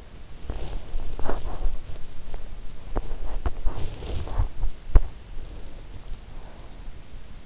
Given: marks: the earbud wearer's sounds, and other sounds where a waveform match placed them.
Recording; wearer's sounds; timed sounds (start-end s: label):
sounds in sleep by an in-ear microphone; body movement
0.00-5.33 s: body movement